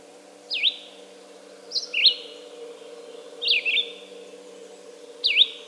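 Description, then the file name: Red-eyed vireo song: short whistled phrases slurred down and up, several separated by pauses, with a low steady hum beneath. "red-eyed vireo song by jonathon jongsma"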